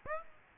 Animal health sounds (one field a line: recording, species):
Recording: mosquito wingbeat signal from an infrared sensor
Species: Aedes aegypti